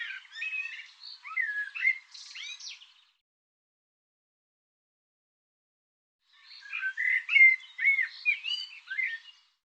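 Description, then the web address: Bird song: two phrases of quick, varied chirps and slurred whistles, separated by a silence of about three seconds. Recording cleaned and normalized; bird labelled 'Tu Me Tu Me'. "cianscape birddata Deverinetal 2025 File cleaned normalized Bird Tu Me Tu Me"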